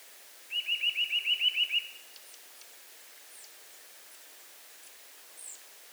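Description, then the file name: Eurasian nuthatch calling: a quick, even series of about nine clear whistled notes, followed by scattered faint high chips in a quiet background. "Sitta europaea"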